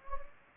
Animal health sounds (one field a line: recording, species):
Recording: mosquito wingbeat signal from an infrared sensor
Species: Anopheles gambiae